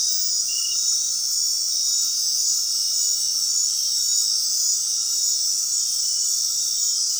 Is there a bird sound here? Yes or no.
no